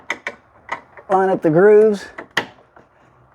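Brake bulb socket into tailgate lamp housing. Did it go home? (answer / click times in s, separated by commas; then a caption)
yes / 2.4 s. A new brake bulb socket is lined up with the grooves of its slot in the inner tailgate lamp housing of a 2007–2012 Hyundai Santa Fe and twisted clockwise while someone talks. A few small ticks come first, then one sharp click at 2.4 s as the socket seats home.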